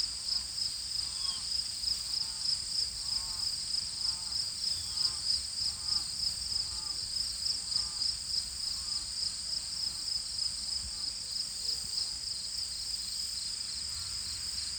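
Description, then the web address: High cricket chirps pulse rapidly and without pause while a series of soft, lower chirping notes repeats in the background. "cricket base"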